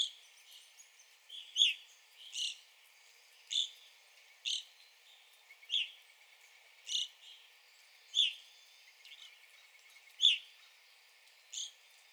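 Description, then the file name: Evening grosbeak calls: a series of loud, sharp notes about once a second, with softer chips between. Recorded 9 April 2021. "2021-04-09 Evening Grosbeak"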